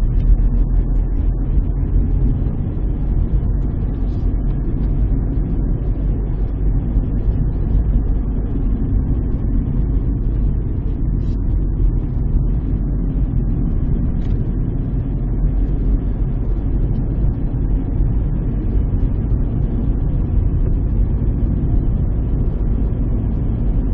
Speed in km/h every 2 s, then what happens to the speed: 35, 37, 39, 39, 37, 33, 37, 37, 38, 42, 40, 44.
0-6 steady at about 37. 6-10 slows to 33. 10-24 speeds up to 44.